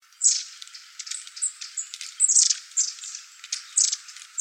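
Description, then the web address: Long-tailed tit calls, thin high-pitched notes given in quick irregular bursts. Recorded 24 February 2015. "birdenaga enaga C 150224"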